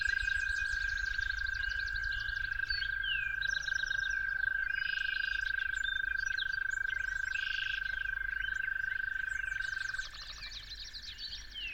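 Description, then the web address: Toad trilling, one long steady high trill held for about ten seconds, then a fainter trill continuing, under a busy dawn chorus of varied whistling and chirping birds. Toads calling at dawn. "musicofnature Toads at Dawn"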